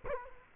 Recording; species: mosquito wingbeat signal from an infrared sensor; Culex quinquefasciatus